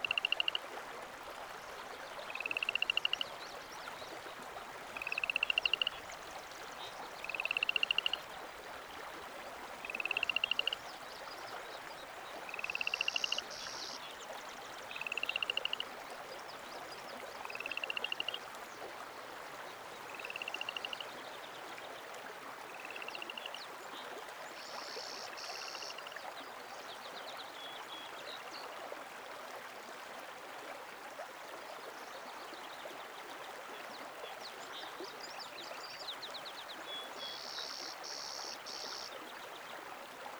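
Dupuyer Creek runs as a steady, even wash of water throughout. A short rising call repeats about every two to three seconds over the first twenty seconds, growing fainter. A few brief, higher buzzy bursts come at wider intervals later on.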